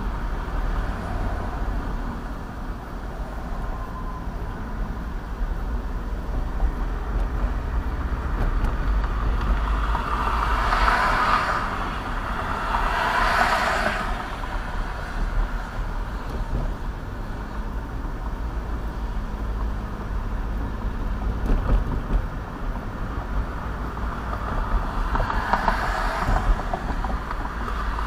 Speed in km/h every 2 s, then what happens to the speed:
44, 35, 32, 35, 40, 42, 44, 42, 40, 42, 44, 45, 45, 47.
0-4 slows to 32. 4-11 speeds up to 44. 11-28 steady at about 44.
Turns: none.